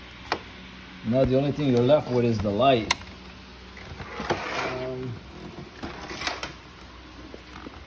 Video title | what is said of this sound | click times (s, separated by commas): Fix BMW Door Handle | forward, and you'll hear a snap, and then this comes out. | 0.3 s